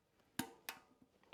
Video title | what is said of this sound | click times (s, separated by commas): Shimano SLX Freehub FULL Rebuild - FH-M7110-B - Part 2 - Freehub Assembly | just like that clicks right in the place almost | 0.4 s